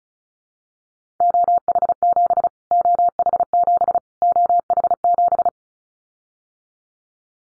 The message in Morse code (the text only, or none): OH7 OH7 OH7